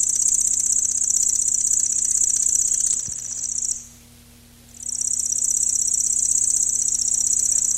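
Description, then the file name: Lanceolated warbler, a continuous high-pitched mechanical trill, pausing once for about a second before starting again; a soft click near the break. "Llanciolata"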